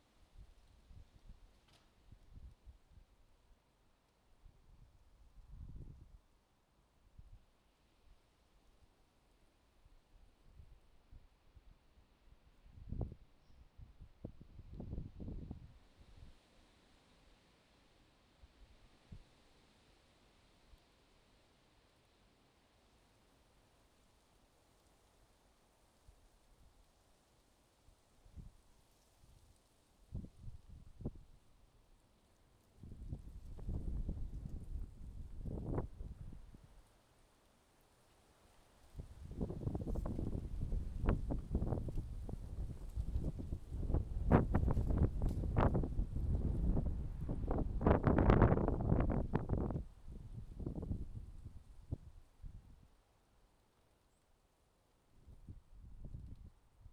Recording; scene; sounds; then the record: everyday scene through a hearing-aid microphone; wind on the microphone; wind, traffic, birds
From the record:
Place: suburban garden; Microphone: in the ear canal, left